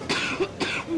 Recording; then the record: coughing mixed with background sound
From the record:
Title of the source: 64 coughing, allergies, singing lungs